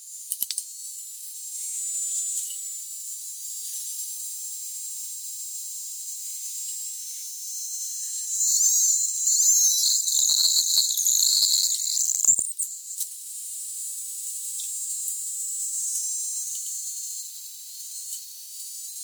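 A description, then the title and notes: A bottle cap thaws and squeezed fingers shift its pressure, producing a thin, high whistling hiss with fine oscillating tones that stays up in the treble throughout. The sound swells and grows rougher from about eight to twelve seconds, with brief low thumps, then settles back to a steadier sizzle. 2 Tito's mid-sized Vodka bottles frozen & then emptied. While thawing, the resulting audio is natural oscillations coming from the cap of the bottle as the liquid and air heat up, as it thaws...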